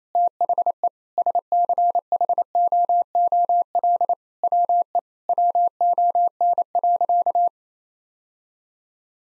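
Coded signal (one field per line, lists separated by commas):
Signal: Morse code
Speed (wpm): 28 wpm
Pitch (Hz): 700 Hz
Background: none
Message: THE SCHOOL WE WON.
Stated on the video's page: Head-copy practice of sentences with common nine-word phrases at 28 wpm.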